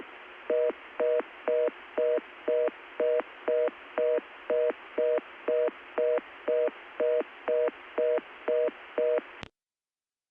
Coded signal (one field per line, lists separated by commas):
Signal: telephone call progress tone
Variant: North America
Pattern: reorder tone